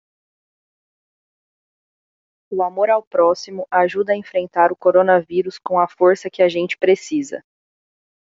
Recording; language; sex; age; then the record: spoken sentence; Brazilian Portuguese; female; 20 to 29 years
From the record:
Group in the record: control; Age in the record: 28 years